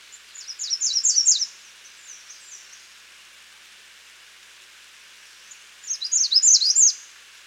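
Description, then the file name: American redstart song, a high sibilant run of rapid notes, given twice with a long quiet gap and a few faint notes between. "Setophaga ruticilla - American Redstart"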